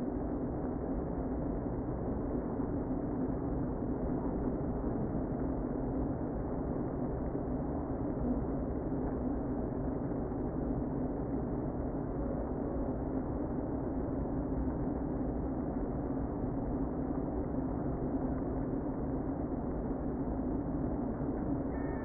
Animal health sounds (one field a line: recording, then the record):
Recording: honeybee colony, microphone inside the hive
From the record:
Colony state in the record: queen present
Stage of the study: before two queens were removed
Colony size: about 60,000 bees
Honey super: yes